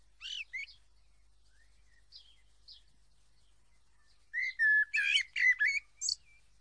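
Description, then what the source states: Common blackbird singing a short phrase, pausing with faint quiet notes, then delivering a louder run of mellow fluted whistles mixed with squeaky high twittering. Singing at dusk.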